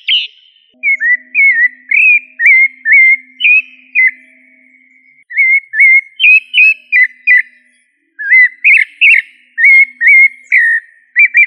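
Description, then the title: Thrush song: three bursts of short, clear whistled notes, some upslurred and some downslurred, delivered quickly with brief pauses between phrases; a faint low hum runs underneath early on. "Familia Turdidae - Sabia"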